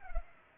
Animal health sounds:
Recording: mosquito wingbeat signal from an infrared sensor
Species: Culex pipiens

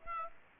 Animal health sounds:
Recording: mosquito wingbeat signal from an infrared sensor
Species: Aedes aegypti

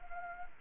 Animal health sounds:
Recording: mosquito wingbeat signal from an infrared sensor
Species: Anopheles gambiae

